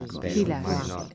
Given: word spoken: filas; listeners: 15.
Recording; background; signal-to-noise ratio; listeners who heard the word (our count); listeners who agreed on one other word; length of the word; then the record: one Spanish word in noise, from a listening test; four-talker babble; 0.4 dB; 4 of 15; 8 of 15; 0.74 s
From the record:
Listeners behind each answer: 8, 4, 1, 1, 1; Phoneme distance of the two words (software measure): 10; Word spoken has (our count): 2 syllables, 5 phonemes, stress on syllable 1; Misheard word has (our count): 2 syllables, 5 phonemes, stress on syllable 1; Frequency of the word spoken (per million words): 23.30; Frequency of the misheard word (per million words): 5.75